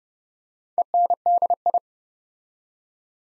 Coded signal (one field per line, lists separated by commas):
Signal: Morse code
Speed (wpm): 30 wpm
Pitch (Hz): 700 Hz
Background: none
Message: ENDI